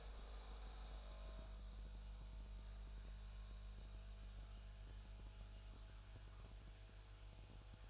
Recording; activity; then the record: daily activity, microphone in the room; make coffee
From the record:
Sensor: 2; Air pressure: 1001.9 hPa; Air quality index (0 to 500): 248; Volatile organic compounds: 39 ppm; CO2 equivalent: 3138 ppm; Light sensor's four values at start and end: 8/27/10/10 and 8/27/10/10